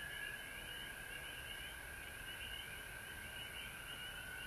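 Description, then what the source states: Continuous frog chorus, a high droning trill with faint pulsing notes above, even in loudness throughout. Frog chorus recorded at home in Georgia on March 19, 2020.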